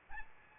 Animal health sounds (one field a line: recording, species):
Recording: mosquito wingbeat signal from an infrared sensor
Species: Aedes albopictus